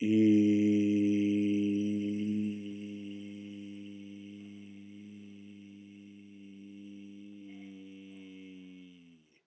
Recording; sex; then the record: sustained vowel /i/; male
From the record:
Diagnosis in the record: healthy control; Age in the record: 68 years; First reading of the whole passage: 59 s, 8.7 characters per second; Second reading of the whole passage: 51 s, 9.9 characters per second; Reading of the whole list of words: 42 s, 6.7 characters per second